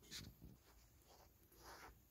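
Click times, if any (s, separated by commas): none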